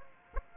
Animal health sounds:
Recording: mosquito wingbeat signal from an infrared sensor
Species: Aedes aegypti

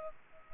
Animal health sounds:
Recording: mosquito wingbeat signal from an infrared sensor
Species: Culex pipiens

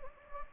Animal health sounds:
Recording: mosquito wingbeat signal from an infrared sensor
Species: Anopheles gambiae

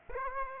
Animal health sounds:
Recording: mosquito wingbeat signal from an infrared sensor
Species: Aedes aegypti

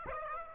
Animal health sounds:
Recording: mosquito wingbeat signal from an infrared sensor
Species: Aedes aegypti

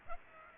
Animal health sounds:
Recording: mosquito wingbeat signal from an infrared sensor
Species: Aedes aegypti

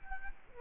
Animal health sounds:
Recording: mosquito wingbeat signal from an infrared sensor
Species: Culex quinquefasciatus

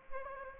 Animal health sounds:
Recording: mosquito wingbeat signal from an infrared sensor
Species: Anopheles gambiae

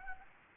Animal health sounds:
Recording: mosquito wingbeat signal from an infrared sensor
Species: Anopheles gambiae

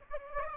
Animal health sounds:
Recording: mosquito wingbeat signal from an infrared sensor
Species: Aedes aegypti

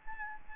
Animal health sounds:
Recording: mosquito wingbeat signal from an infrared sensor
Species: Aedes albopictus

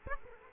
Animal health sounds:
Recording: mosquito wingbeat signal from an infrared sensor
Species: Aedes aegypti

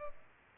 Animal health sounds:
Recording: mosquito wingbeat signal from an infrared sensor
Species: Culex pipiens

